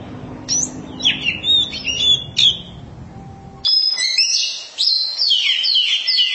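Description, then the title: Oriental magpie-robin song of varied whistles and buzzy notes, a brief pause near the middle, then a louder continuous stretch of high sweeping phrases. Long-duration song. "Kacer Durasi Panjang"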